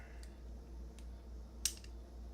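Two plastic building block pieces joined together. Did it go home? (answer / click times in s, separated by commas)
no / none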